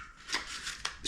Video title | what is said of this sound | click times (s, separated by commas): Crowbar with an edge ... Strider MFS TS Tanto (SGrn) | Nice little click. | 0.9 s